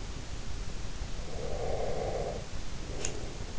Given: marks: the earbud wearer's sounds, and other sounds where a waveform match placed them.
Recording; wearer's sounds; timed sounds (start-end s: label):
sounds in sleep by an in-ear microphone; breath
1.15-3.41 s: breath
2.84-3.24 s: sound from someone else or the room